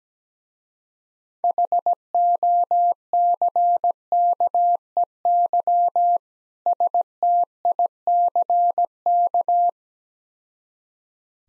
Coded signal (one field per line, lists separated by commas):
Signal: Morse code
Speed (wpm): 17 wpm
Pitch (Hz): 700 Hz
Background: none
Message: HOCKEY STICK